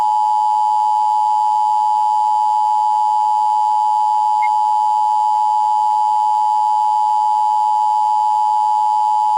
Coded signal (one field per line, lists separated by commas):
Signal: Emergency Alert System (SAME) tones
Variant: 853 and 960 Hz attention tone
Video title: Chowder's Crazy Poop Interupted By EAS